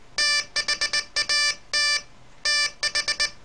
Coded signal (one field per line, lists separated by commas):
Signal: Morse code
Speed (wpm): 20 wpm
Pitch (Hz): 1750 Hz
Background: none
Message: THAT TH